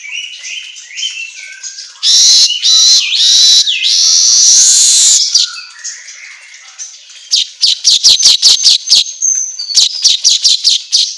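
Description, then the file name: Asian golden weaver singing long harsh, hissing buzzes, then a quick run of dry clicking notes. Intended for training songbirds, in the Indonesian 'auto gacor' style of vigorous, nonstop chirping. "Suara Kicau Manyar Kepala Emas Auto Gacor"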